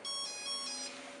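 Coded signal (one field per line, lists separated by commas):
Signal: beep code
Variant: X-Wing ESC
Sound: quick little melody of about four electronic motor beeps alternating between two pitches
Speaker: throttle back up that is confirmation letting you know that it has been programmed and will continue on through the menu process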